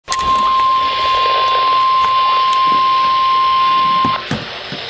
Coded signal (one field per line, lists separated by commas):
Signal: Emergency Alert System (SAME) tones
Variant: 1050 Hz attention tone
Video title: Severe Thunderstorm Warning for Columbia,Montour,Snyder,Sullivan,Northumberland Co. PA {EAS #656}